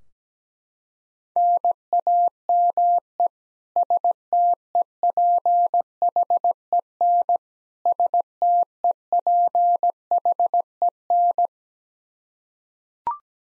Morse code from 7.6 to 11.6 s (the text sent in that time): STEPHEN